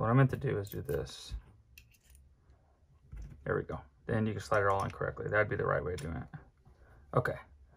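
A CS2 mechanical trigger frame is handled and slid onto a paintball marker body while someone talks, with a few faint handling ticks around 1.8 s and 2.1 s. The frame has not yet been pressed home against its spring tension, and nothing has seated or clicked into place yet.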